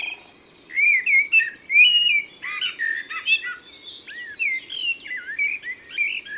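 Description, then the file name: Common blackbird singing fluted, warbling phrases that rise and fall, mixed with high twittering from other birds in a dense chorus and a soft background hiss. Recorded in Isère, France. "Merle-noir-Concerts-naturels-de-l Isere-Studio-Les-Trois-Becs"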